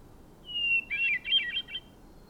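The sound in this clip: Bird song phrase: a clear, slightly falling whistle followed at once by a rapid, rolling warble of high notes.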